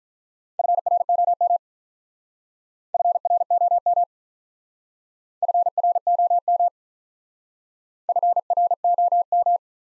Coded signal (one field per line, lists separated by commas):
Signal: Morse code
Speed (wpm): 42 wpm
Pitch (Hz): 700 Hz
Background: none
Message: FROM FROM FROM FROM